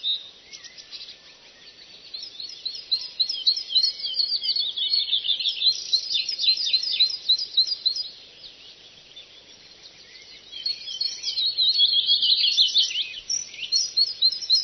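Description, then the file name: Eurasian blackcap song: long, fast bursts of scratchy and whistled notes, pausing briefly then resuming louder, over steady low background noise. "zwartkop"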